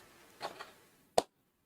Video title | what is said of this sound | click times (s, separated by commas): Unboxing the New Freewing L-15 JL-10 Falcon 64mm EDF Jet - Motion RC LIVE | There's an actual positive click when they're installed. | 1.2 s